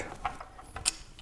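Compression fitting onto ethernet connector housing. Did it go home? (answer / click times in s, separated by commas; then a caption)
yes / 0.9 s. A cable gland's compression fitting, a strain-relief part on the end of an ethernet cable for a homemade Starlink RV external port, is pressed and tightened home onto the ethernet connector housing. A series of ratchet-like mechanical clicks sounds at about 0.3, 0.4, 0.8 and 1.2 s, with the loudest, sharpest click at 0.9 s. At that click the fitting compression-locks and seats into place.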